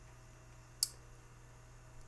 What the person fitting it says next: That's a very nice click there on the close.